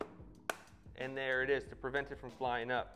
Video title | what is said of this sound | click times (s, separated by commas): BELL RACE STAR vs SIMPSON OUTLAW | have a little button latch here on the side but it's going to secure the visor when it's down and you can hear it click and there | 0.5 s